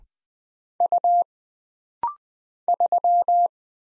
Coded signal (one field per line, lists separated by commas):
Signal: Morse code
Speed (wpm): 20 wpm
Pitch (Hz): 700 Hz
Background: none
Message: U 3